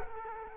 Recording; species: mosquito wingbeat signal from an infrared sensor; Culex quinquefasciatus